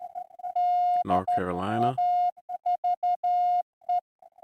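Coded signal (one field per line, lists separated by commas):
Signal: Morse code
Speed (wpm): 14 wpm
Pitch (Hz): 710 Hz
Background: speech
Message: DAVE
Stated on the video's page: Straight key sprint CW contest, sent with straight keys, from a park activation.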